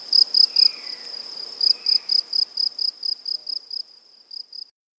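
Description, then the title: Cricket chirping in rapid pulses that fade and stop near the end, with a faint bird note early on. Crickets with various other insects and birds, recorded at Buoux, Vaucluse, France, in May 2007. "Animus. Grillons, Divers Insectes Et Oiseaux - Buoux, Vaucluse - mai 2007"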